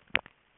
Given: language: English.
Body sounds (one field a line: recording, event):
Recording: throat vibration sensor signal played as sound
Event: swallow